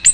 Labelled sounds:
Ovenbird flight call

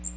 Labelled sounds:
Magnolia Warbler flight call

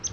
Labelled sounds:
Palm Warbler flight call

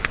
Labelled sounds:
Grace's Warbler flight call

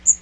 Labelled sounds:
Magnolia Warbler flight call

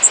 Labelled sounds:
Blackpoll Warbler flight call

